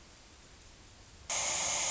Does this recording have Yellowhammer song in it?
no